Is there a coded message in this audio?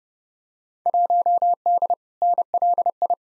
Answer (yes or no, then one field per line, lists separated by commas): yes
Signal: Morse code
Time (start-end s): 0.9-3.1 s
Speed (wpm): 31 wpm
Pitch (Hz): 700 Hz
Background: none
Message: 1D NLI